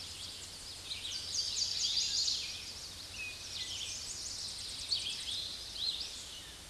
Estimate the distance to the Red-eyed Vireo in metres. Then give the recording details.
about 30 m. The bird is about 10 m above the microphone. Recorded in a Pennsylvania forest on 16 May 2024 at 06:36. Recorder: AudioMoth, point MSD-1990. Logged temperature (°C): 15.3 °C. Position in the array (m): 128 m, 175 m